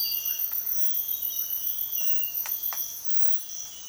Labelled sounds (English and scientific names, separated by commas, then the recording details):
Russet-backed Oropendola (Psarocolius angustifrons)
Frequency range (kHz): Russet-backed Oropendola (Psarocolius angustifrons) 0.7-2.1 kHz
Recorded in dense forest near Puerto Asís, Putumayo, Colombia, on 19 February 2024 at 06:00
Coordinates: 0.502, -76.326
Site G6460